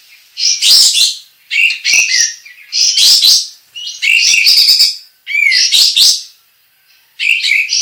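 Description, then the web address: Sooty-headed bulbul singing in short, bright chattering bursts of about a second each, separated by short silences, with a rough, jumbled high quality. Local name kapas tembak; singing described as gacor, a lively, prolific singer. "kapas-tembak suara-kapas-tembak-gacor"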